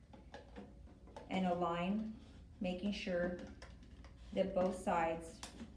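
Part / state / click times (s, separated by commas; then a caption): humidifier water chamber onto heater base / not seated / none. A plastic humidifier water chamber is slid onto its heater base, with the clamp pulled down and both sides aligned, while someone talks. Only faint handling taps and knocks are heard under the speech. Nothing has seated or clicked yet.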